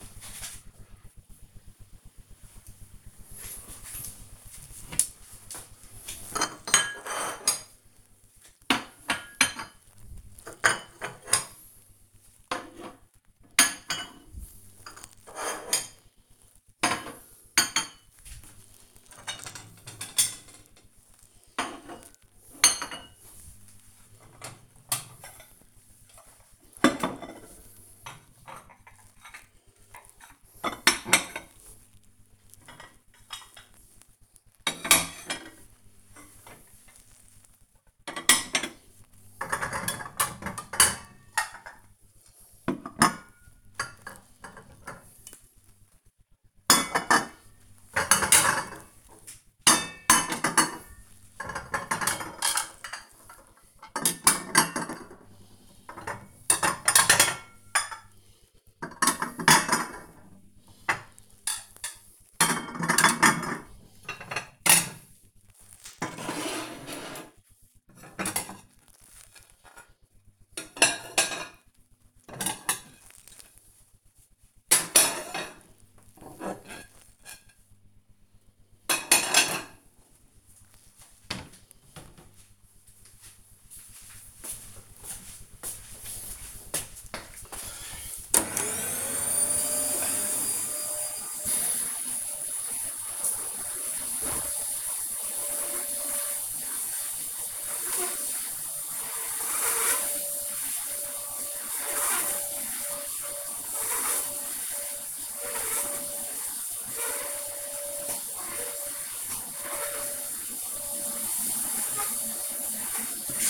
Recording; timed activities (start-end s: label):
household activities, microphone on the right wrist
4.00-81.42 s: putting away the dishes
88.48-113.50 s: vacuum cleaning